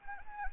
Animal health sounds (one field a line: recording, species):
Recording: mosquito wingbeat signal from an infrared sensor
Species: Anopheles arabiensis